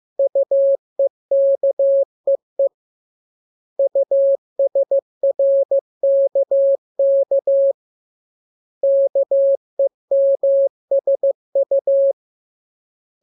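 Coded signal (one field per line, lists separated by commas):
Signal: Morse code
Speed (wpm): 15 wpm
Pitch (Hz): 550 Hz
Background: none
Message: UEKEE USRKK KEMSU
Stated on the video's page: Morse lesson drill of letters K, M, U, R, E, S, opened with VVV and section sign, closed with AR.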